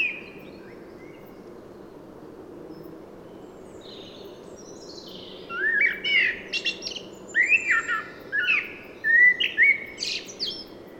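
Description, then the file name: Common blackbird song after several quiet seconds: a string of rich fluty phrases with squeaky, twittering high notes woven between them. "Turdus merula"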